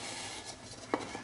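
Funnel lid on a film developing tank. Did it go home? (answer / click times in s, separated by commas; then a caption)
no / none. The plastic funnel lid of a film developing tank is handled over the tank's center column, ready to be twisted onto its bayonet. Quiet rubbing and handling noise is heard, with one brief sharp tap at about 0.9 s. Nothing has seated or clicked shut yet.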